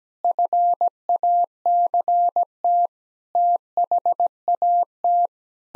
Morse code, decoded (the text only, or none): FACT THAT